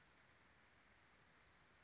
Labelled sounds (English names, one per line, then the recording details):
Dark-eyed Junco
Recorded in Sonoma County, California